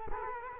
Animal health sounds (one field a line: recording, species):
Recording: mosquito wingbeat signal from an infrared sensor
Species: Culex quinquefasciatus